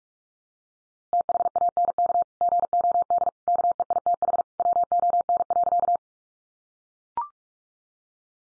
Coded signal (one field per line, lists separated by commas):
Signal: Morse code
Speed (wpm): 46 wpm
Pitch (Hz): 700 Hz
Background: none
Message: THANK GOD KEITH WON.